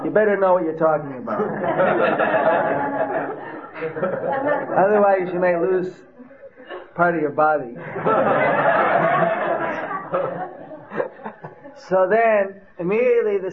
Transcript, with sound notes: you better know what you are talking about, (laughter) otherwise you may lose part of you body. (laughter) So then, immediately the…